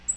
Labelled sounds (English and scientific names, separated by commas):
Black-throated Green Warbler (Setophaga virens) flight call